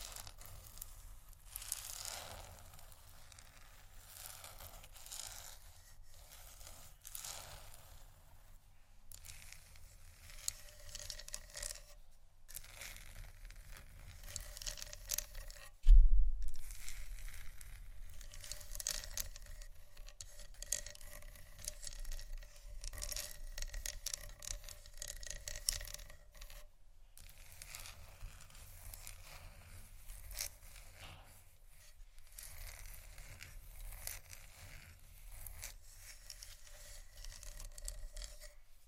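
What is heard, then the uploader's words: Crisp scratching and scraping in irregular bursts with brief pauses, a faint low hum underneath and one sharp thump near sixteen seconds. ASMR Scratching Only For Sleep & Relaxation (No Talking).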